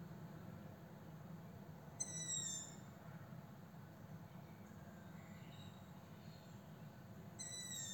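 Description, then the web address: Owl calls: two harsh, slightly descending screeches about five seconds apart, with faint higher notes between, over a constant low background rumble. Recorded 26 June 2022. "2022 06 26-Juni-22 08 eule"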